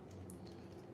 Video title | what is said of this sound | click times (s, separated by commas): Back to The Future Build! BrickTherapy23 with another #LEGO Build! Join Us! | I don't know, it didn't really it made it sound like it snapped into place, but I don't think it did. | 0.3 s